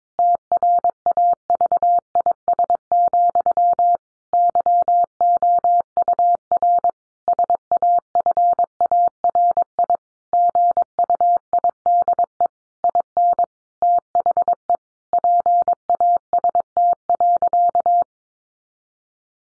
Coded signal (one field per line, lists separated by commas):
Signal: Morse code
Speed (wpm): 22 wpm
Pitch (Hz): 700 Hz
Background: none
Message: TRAVIS, YOUR SAFARI GUIDE IN THE PAST.